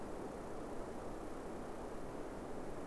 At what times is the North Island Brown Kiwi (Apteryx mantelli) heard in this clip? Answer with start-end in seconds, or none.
none